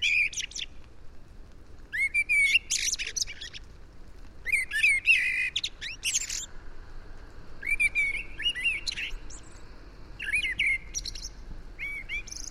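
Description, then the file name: Eurasian blackbird giving short bursts of mid-pitched whistled notes mixed with high, scratchy twittering, in clusters every second or two. "Turdus merula"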